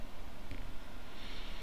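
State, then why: Not seated. A white plastic retainer cap on the B propeller of a SYMA X8C Venture quadcopter's motor shaft is twisted to the right over the pin, with quiet handling noise and a faint brief tick near 0.5 s. The cap has not clicked into place or seated yet.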